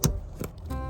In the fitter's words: Nice audible click. Now it's locked in